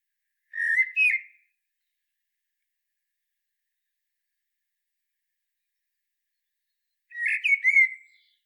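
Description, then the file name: Common blackbird singing two short whistled phrases with twittery ends, one near the start and another several seconds later, with silence between. "Turdus merula"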